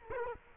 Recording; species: mosquito wingbeat signal from an infrared sensor; Culex quinquefasciatus